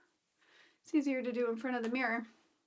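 A press snap on a fabric/leather scarf cowl is handled while worn in front of a mirror, with a faint rustle followed by someone talking. The snap halves have not yet been pressed together, and nothing has seated or clicked yet.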